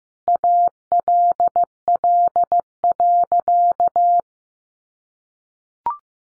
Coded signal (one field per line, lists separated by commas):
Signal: Morse code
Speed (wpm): 15 wpm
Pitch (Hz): 700 Hz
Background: none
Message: ALL.